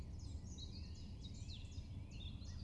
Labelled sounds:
Common Chiffchaff (Phylloscopus collybita)
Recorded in Germany
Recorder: ecoPi

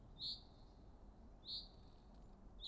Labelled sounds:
Common Chaffinch (Fringilla coelebs)
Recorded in Germany
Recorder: ecoPi

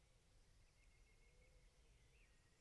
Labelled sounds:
Song Thrush (Turdus philomelos)
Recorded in Germany
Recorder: ecoPi

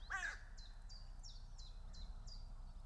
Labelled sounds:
Common Chiffchaff (Phylloscopus collybita)
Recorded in Germany
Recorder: ecoPi

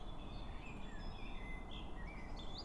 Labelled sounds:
Common Blackbird (Turdus merula)
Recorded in Germany
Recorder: ecoPi

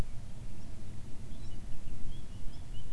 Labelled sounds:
Eurasian Blackcap (Sylvia atricapilla)
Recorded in Germany
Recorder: ecoPi

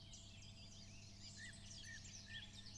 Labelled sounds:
Song Thrush (Turdus philomelos)
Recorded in Germany
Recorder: ecoPi

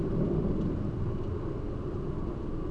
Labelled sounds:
none
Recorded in Germany
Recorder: ecoPi

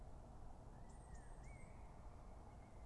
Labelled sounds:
Common Blackbird (Turdus merula)
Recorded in Germany
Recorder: ecoPi

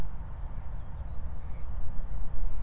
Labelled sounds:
Great Tit (Parus major)
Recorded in Germany
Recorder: ecoPi

